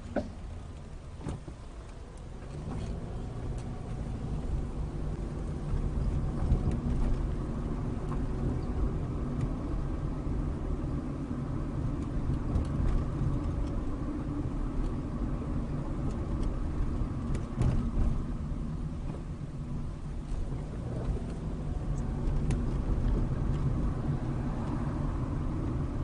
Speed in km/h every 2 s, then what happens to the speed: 10, 11, 19, 27, 29, 29, 31, 29, 24, 16, 21, 29, 31.
0-7 speeds up to 29. 7-15 steady at about 29. 15-18 brakes to 16. 18-22 speeds up to 29.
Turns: none.